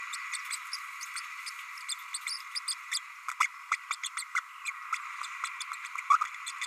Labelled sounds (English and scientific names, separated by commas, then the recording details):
Green-rumped Parrotlet (Forpus passerinus) babbling
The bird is a male
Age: 30 days
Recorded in a nest box in Venezuela
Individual 17B32A6